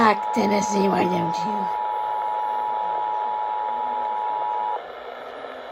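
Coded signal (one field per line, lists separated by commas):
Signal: Emergency Alert System (SAME) tones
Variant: 853 and 960 Hz attention tone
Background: speech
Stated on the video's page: Monthly test.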